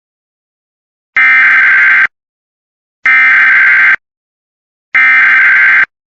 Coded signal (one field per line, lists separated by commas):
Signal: Emergency Alert System (SAME) tones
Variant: header bursts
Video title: EAS: Civil Danger Warning and Shelter In Place Warning | Travis, Williamson, Hays TX (MASS SHOOTING)